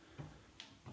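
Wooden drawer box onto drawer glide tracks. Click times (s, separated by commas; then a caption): 0.6 s. An assembled wooden DTC drawer box from Cabinets To Go is set on extended metal drawer glides and pushed all the way back until it locks. A single sharp click lands at 0.6 s, with softer low rumbling swells around 0.2 s and 0.9 s, and only one click is heard here rather than two. The drawer is seated and locked onto the glides.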